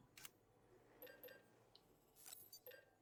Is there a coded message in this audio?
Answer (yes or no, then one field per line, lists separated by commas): no